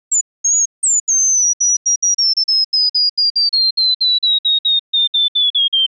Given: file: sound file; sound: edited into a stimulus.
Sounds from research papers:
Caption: Song without AM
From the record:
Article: Singing in the Rain Forest: How a Tropical Bird Song Transfers Information

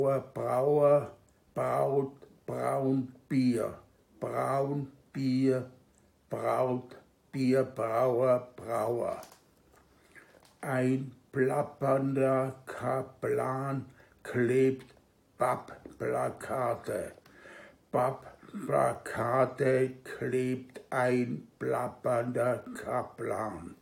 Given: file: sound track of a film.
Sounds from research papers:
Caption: Nach der nichtinvasiven Stimulation in Kombination mit der logopädischen Therapie konnte nach 3 Wochen eine deutliche Besserung des Sprachflusses beobachtet werden.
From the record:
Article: Treatment of isolated speech apraxia with transcranial repetitive magnetic stimulation

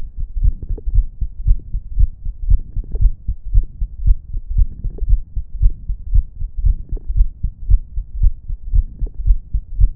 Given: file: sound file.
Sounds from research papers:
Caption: Heart sound recorded in a patient of Type IV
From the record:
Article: A two-stage amplified PZT sensor for monitoring lung and heart sounds in discharged pneumonia patients

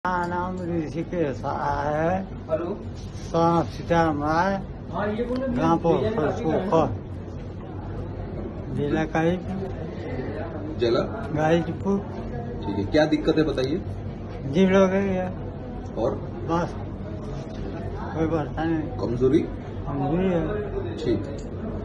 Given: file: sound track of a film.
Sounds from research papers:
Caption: Patient showing dysarthria (particularly the scanning type, which is characterized by slow and irregular speech with variable syllable stress, often suggests cerebellar involvement).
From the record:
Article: A rare clinical presentation of metronidazole-induced dysarthria: A Case report with literature review

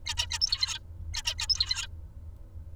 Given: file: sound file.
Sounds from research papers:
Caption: Example of Song Motif from Tutor #396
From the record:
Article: Incomplete and Inaccurate Vocal Imitation after Knockdown of FoxP2 in Songbird Basal Ganglia Nucleus Area X

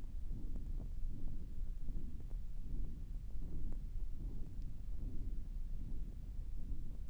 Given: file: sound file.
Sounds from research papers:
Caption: Audio file of pre-treatment ear canal signal from the no.2 VPT patient.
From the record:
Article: Pre-Treatment Objective Diagnosis and Post-Treatment Outcome Evaluation in Patients with Vascular Pulsatile Tinnitus Using Transcanal Recording and Spectro-Temporal Analysis

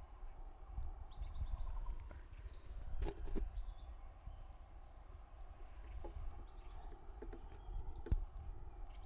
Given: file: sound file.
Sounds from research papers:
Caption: An example of a hissing display can be found in the attached video.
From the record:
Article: Behavioral snake mimicry in breeding tits

